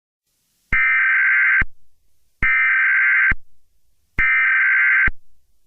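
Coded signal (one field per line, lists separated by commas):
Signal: Emergency Alert System (SAME) tones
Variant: header bursts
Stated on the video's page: Fictional EAS scenario using valid United States EAS tones.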